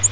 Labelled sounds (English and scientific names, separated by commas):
Yellow-rumped Warbler (Setophaga coronata) flight call